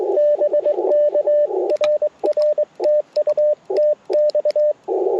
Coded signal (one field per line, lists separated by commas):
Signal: Morse code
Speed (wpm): 23 wpm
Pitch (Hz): 600 Hz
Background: radio noise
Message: BK RR TU TX